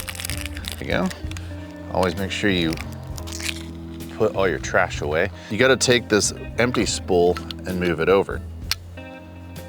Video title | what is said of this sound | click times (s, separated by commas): A Beginner's Guide To The Legendary Hasselblad 500CM | and just wiggle it until it snaps into place | 8.7 s